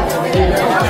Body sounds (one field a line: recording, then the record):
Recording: background sound without coughing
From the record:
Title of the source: Nightlife Party Simulating Party Club Noise 1 Hour